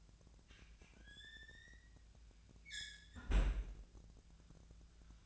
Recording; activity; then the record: daily activity, microphone in the room; close fridge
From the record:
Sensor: 2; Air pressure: 1009.6 hPa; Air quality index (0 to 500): 184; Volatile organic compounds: 11 ppm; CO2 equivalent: 2300 ppm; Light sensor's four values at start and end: 26/63/27/30 and 26/63/27/30